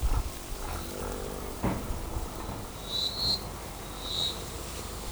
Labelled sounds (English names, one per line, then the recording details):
none
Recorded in forest near Pivijay, Magdalena, Colombia, on 16 April 2023 at 13:30
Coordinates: 10.467, -74.380
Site Z5-G034